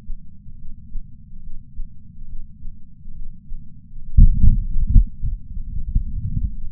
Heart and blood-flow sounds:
heart sounds by patch sensor on the chest; 71 bpm
0.54 s: heartbeat
1.39 s: heartbeat
2.24 s: heartbeat
3.11 s: heartbeat
3.99 s: heartbeat
4.82 s: heartbeat
5.66 s: heartbeat
6.49 s: heartbeat
From the record:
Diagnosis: coronary artery disease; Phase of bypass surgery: preoperative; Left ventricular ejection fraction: 53.1%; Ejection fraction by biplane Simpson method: 48.3%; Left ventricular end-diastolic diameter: 61 mm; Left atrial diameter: 40 mm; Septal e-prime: 7 cm/s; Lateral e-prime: 11.9 cm/s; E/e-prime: 9.8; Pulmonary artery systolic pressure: 34 mmHg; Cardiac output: 5.1 L/min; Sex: female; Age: 60 years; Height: 158 cm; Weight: 54 kg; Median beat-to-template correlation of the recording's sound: 0.90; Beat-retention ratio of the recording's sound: 1.00

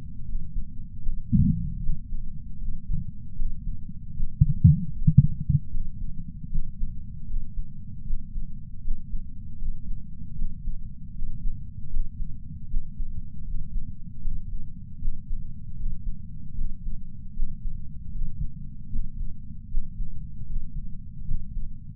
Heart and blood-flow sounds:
heart sounds by patch sensor on the chest; 77 bpm
0.25 s: heartbeat
1.03 s: heartbeat
1.80 s: heartbeat
2.59 s: heartbeat
3.36 s: heartbeat
4.14 s: heartbeat
4.92 s: heartbeat
5.71 s: heartbeat
6.49 s: heartbeat
7.27 s: heartbeat
8.04 s: heartbeat
8.82 s: heartbeat
9.58 s: heartbeat
10.36 s: heartbeat
11.13 s: heartbeat
11.90 s: heartbeat
12.68 s: heartbeat
13.45 s: heartbeat
14.22 s: heartbeat
14.99 s: heartbeat
15.76 s: heartbeat
16.55 s: heartbeat
17.34 s: heartbeat
18.12 s: heartbeat
18.90 s: heartbeat
19.68 s: heartbeat
20.46 s: heartbeat
21.25 s: heartbeat
From the record:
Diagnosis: coronary artery disease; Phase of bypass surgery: preoperative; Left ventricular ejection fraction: 66.3%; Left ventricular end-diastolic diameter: 44 mm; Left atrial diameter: 34 mm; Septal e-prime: 5.3 cm/s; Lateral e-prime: 9.3 cm/s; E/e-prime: 13.2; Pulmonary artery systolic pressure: 31 mmHg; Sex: male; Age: 76 years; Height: 164 cm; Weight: 75 kg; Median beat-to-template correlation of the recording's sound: 0.83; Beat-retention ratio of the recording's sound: 0.97

